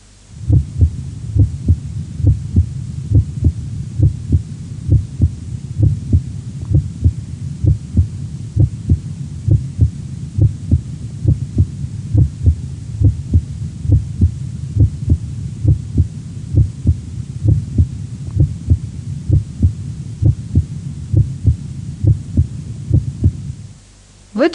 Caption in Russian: Межреберье слева от грудины, громкость обоих тонов сердца примерно одинакова. Этой точке оценивается состояние аортального клапана.